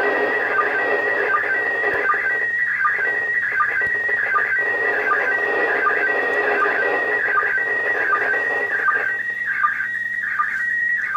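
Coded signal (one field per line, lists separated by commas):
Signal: SSTV (slow-scan television)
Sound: warbling, shifting tone through static, with a short low chirp repeating regularly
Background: radio static, hum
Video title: SSTV from ISS 12.04.2016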